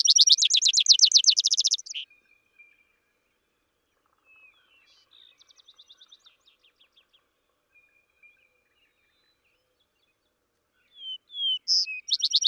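Vesper sparrow song: a fast buzzy trill ending at the start, quieter faint phrases in the middle, then clear slurred opening notes leading into a new song at the end.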